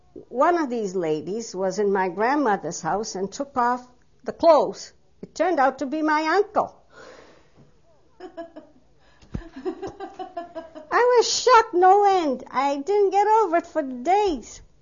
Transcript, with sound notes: one of these ladies was in my grandmother's house and took off the clothes. It turned out to be my uncle. (she laughs) I was shocked, no end, I didn't get over it for days.